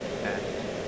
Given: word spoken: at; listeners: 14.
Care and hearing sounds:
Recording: one English word in noise, from a listening test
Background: speech-shaped noise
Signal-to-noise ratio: -6.3 dB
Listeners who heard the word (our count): 3 of 14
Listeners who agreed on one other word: 9 of 14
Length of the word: 0.48 s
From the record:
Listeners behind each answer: 9, 3, 1, 1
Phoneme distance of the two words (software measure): 7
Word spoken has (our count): 1 syllable, 2 phonemes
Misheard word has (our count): 1 syllable, 3 phonemes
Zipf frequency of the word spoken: 6.69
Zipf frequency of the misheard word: 4.99

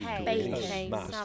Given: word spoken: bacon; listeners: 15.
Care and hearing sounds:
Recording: one English word in noise, from a listening test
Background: four-talker babble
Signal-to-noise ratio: -1.3 dB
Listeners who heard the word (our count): 0 of 15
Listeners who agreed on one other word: 6 of 15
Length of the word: 0.85 s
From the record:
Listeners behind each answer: 6, 5, 2, 1, 1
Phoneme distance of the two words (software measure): 20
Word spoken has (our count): 2 syllables, 5 phonemes, stress on syllable 1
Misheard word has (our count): 2 syllables, 5 phonemes, stress on syllable 1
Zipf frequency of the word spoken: 4.34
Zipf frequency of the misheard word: 4.22

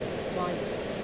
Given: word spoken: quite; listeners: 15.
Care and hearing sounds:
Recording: one English word in noise, from a listening test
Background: speech-shaped noise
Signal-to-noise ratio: -5.0 dB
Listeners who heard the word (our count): 0 of 15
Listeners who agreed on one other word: 7 of 15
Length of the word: 0.64 s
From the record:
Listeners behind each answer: 7, 4, 1, 1, 1, 1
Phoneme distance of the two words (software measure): 7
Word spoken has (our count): 1 syllable, 4 phonemes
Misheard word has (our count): 1 syllable, 3 phonemes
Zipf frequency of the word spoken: 5.92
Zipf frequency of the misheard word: 5.25

